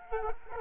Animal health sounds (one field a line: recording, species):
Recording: mosquito wingbeat signal from an infrared sensor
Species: Culex quinquefasciatus